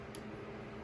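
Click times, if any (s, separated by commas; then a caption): none. A plastic Hasbro Transformers SS86 Optimus Prime figure is handled as its arm is rotated and the forearm panel is moved toward closing onto the arm. A brief faint tick comes near 0.15 s over a steady background hiss. The forearm panel has not snapped shut or clicked into place yet.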